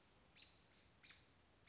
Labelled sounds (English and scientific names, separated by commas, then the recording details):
American Robin (Turdus migratorius)
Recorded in Sonoma County, California